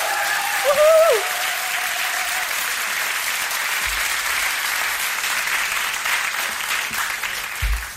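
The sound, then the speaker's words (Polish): A crowd applauds for a musician who has just played drums and bass, steadily for about eight seconds: a dense clapping roar with a short rising whistle and cheer near the start, holding an even loudness throughout. “Czy mogliby państwo zrobić duży hałas dla Staszka Wróbla, który przed chwilą gra na perkusji i gra na basie?”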